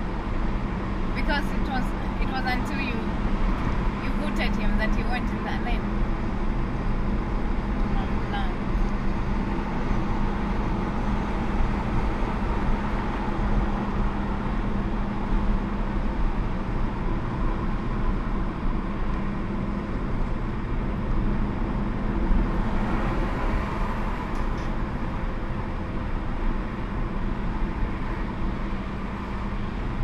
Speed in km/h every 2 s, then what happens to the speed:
58, 60, 61, 61, 60, 60, 60, 60, 60, 60, 60, 61, 60, 58, 58.
0-30 steady at about 60.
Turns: none.